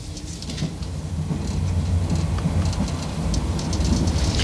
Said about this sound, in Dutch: Zaterdagmorgen, vroeg. De trein verlaat Parijs op weg naar Yvetot bij Le Havre,